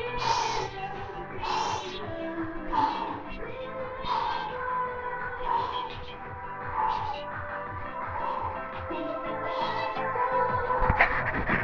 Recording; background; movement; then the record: deep breathing; music; walking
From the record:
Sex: male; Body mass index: 22.0 kg/m2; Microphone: on the chest, facing the body